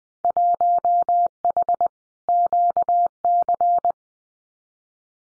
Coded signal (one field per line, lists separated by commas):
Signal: Morse code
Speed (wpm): 20 wpm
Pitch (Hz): 700 Hz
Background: none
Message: 1H QC